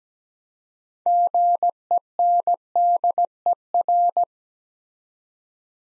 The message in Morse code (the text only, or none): GENDER